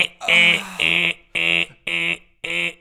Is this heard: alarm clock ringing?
yes